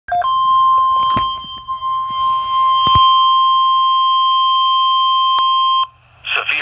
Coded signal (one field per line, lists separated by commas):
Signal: Emergency Alert System (SAME) tones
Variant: 1050 Hz attention tone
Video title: Severe thunderstorm watch extension (EAS #199)